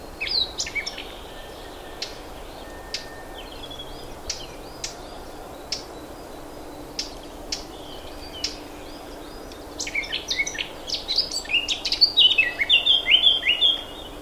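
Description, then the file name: Eurasian blackcap, scattered sharp clicking notes, then a burst of quick, high warbling phrases near the end over steady background hiss. "Sylvia atricapilla"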